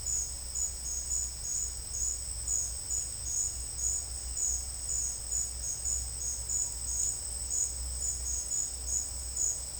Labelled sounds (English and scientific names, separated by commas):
none